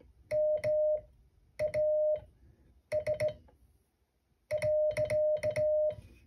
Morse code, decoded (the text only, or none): MAS .